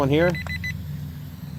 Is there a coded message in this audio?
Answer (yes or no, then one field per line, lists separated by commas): no